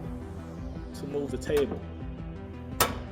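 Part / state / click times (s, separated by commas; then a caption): table lock on a miter saw turntable / seated / 2.8 s. A miter saw turntable is rotated to an angle while its table lock button is held, then released so the lock engages in a detent, with music in the background and someone talking. A sharp click at 2.8 s marks the table lock seating in place, locking the table.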